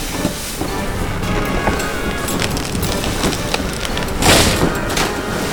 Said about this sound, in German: Asterix! Der Mast ist abgebrochen! Dieser blöde Sturm bringt uns immer weiter von zu Hause weg!